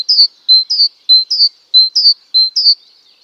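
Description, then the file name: Great tit giving a high, even phrase of paired notes, a flat whistle then a slightly falling slurred note, repeated steadily about every 0.6 seconds. "Parus major"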